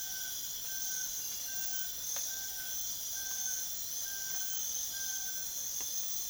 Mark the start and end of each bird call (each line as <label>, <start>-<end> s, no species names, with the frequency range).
bird call (0.5-1.9 kHz), 0.00-5.50 s